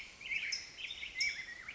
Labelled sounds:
Black-headed Grosbeak (Pheucticus melanocephalus)
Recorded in Sonoma County, California

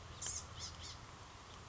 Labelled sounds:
Blue-gray Gnatcatcher (Polioptila caerulea)
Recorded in Sonoma County, California

